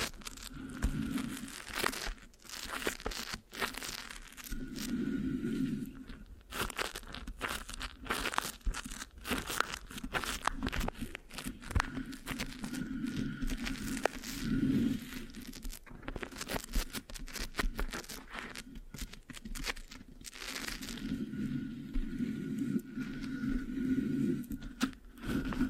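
Mic scratching with sticky tapping, dense crackly bursts throughout, a low rumbling hum swelling around 1–3, 5, 15 and 21–25 seconds, no talking.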